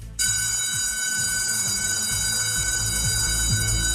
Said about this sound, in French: La sonnerie qui marque véritablement la fin des vacances et le retour en classe.